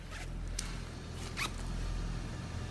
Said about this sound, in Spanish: Te baja la cremallera.